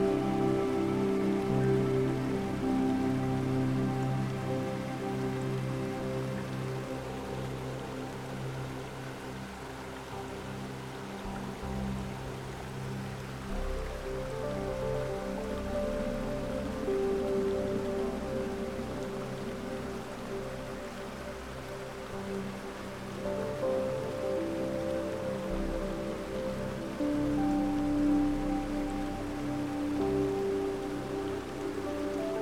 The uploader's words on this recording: Enchanted Waterfall & Relaxing Music In A Picturesque Forest. You hear the soothing and captivating melody of a mesmerizing, crystal-clear waterfall.